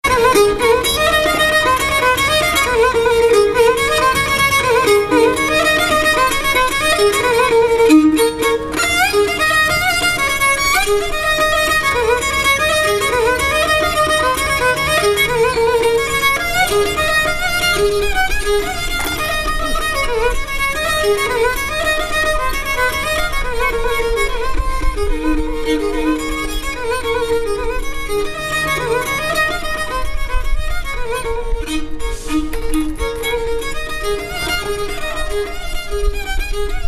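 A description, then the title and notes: A street busker plays a gadulka, its bowed, nasal melody weaving steadily and densely throughout, with ornamented runs and a constant droning undertone. Sofia, Gadulka Player. This guy was busking playing his Gadulka.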